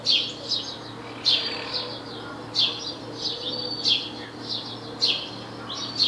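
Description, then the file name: House sparrow chirping, a series of harsh chirps about once per second with softer notes between them, low hum underneath. "Passer domesticus"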